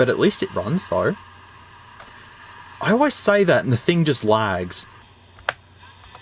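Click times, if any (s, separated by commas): 5.5 s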